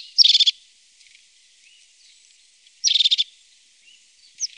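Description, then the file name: Crested tit calling with two short, loud purring trills about two and a half seconds apart, followed by a single high note. "Tofsmes"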